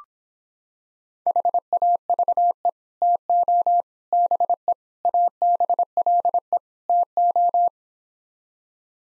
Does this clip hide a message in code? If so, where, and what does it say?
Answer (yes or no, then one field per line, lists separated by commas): yes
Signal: Morse code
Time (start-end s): 1.3-7.7 s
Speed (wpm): 26 wpm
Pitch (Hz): 700 Hz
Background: none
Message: HAVE TO BE ABLE TO